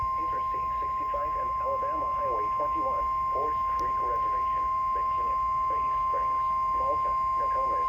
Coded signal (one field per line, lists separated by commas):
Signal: Emergency Alert System (SAME) tones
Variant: 1050 Hz attention tone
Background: speech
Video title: EAS #261: FFW